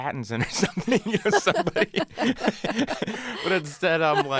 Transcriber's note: laughter